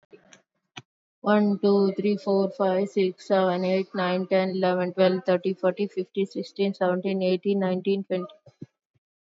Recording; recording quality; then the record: counting at a fast pace; excellent, no background noise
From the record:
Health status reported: recovered from COVID-19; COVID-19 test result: negative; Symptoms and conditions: cough, fever, muscle pain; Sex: female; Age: 36 years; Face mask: worn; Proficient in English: yes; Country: India